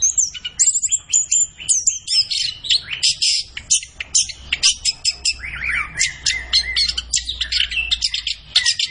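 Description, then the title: Orange-headed thrush pouring out an energetic medley of high chips, trills and sliding whistles. Kept songbird singing gacor (vigorously and continuously), used as masteran to train other birds in Indonesian songbird keeping (kicau mania). "Anis Kembang Gacor. Kicau Mania Masteran Anis Kembang"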